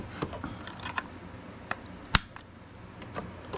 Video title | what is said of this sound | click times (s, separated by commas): Unboxing Setup Govee Glide RGBIC LED Wall Lights, Music Decor LED Light Bar 9 Pcs and 6 Corners | whatever so that Clips onto the end or the beginning | 2.1 s